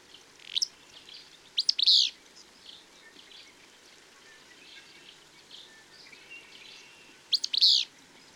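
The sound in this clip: Bird song in short bursts of high, sharp chirps near the start, around two seconds, and again near the end, with quiet gaps between.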